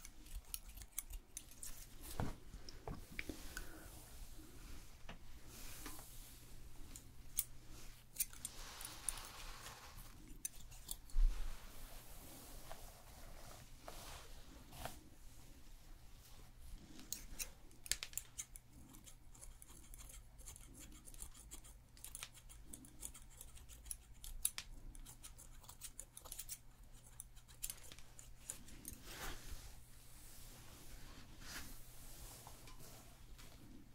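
A haircut in a hair salon: quick, irregular snips and small clicks scatter through the whole stretch, with soft rustling in between. A steady low hum runs underneath, and a slightly louder click lands near the eleventh second.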